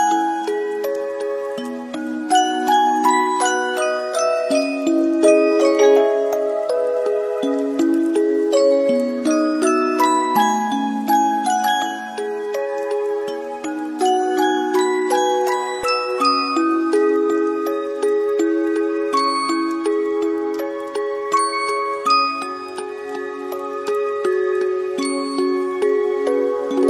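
A music box plays a steady, busy melody of plucked metal tones, notes ringing and overlapping in quick succession. The tune stays mostly in the middle and upper register with bright tinkling overtones, holding an even loudness for the whole stretch.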